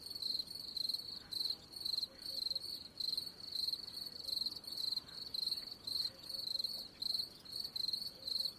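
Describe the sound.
Cricket call of shrill, even chirps repeated nearly twice a second throughout, with a soft background hiss.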